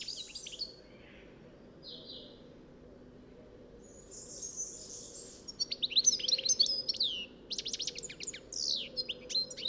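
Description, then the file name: European goldfinch twittering, a few faint high notes early, then louder rapid tinkling chirps and buzzy trills in the second half. "Carduelis carduelis"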